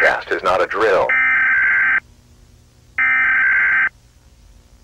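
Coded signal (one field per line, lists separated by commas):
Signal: Emergency Alert System (SAME) tones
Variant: header bursts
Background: speech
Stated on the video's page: Fictional EAS scenario; alarm sounds same as the real ones.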